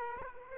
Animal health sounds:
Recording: mosquito wingbeat signal from an infrared sensor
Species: Aedes aegypti

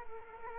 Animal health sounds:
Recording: mosquito wingbeat signal from an infrared sensor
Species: Culex quinquefasciatus

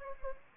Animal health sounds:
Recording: mosquito wingbeat signal from an infrared sensor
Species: Anopheles gambiae

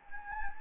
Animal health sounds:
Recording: mosquito wingbeat signal from an infrared sensor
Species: Anopheles gambiae

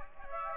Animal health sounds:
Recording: mosquito wingbeat signal from an infrared sensor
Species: Aedes aegypti

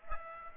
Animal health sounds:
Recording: mosquito wingbeat signal from an infrared sensor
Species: Aedes aegypti

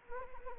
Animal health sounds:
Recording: mosquito wingbeat signal from an infrared sensor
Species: Anopheles arabiensis

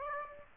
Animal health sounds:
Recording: mosquito wingbeat signal from an infrared sensor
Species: Aedes aegypti

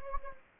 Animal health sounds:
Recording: mosquito wingbeat signal from an infrared sensor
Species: Anopheles gambiae

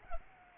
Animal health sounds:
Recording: mosquito wingbeat signal from an infrared sensor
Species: Culex pipiens

